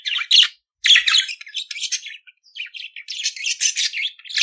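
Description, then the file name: Budgerigar warbling song, a continuous high chatter of scratchy chirps and trills with brief pauses. "Canto do periquito australiano"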